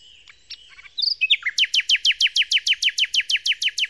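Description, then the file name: Common nightingale song opening with a few soft whistles and clicks, then a loud, evenly repeated series of rapid, sharp descending notes. Song, Kent, 2008. "nightingale-song-recorded-in-kent-2008-by-phil-riddett"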